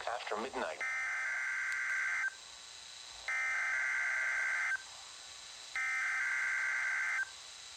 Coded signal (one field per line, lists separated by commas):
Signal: Emergency Alert System (SAME) tones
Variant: header bursts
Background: speech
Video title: KEC85 (CHS) Required Weekly Test | EAS #206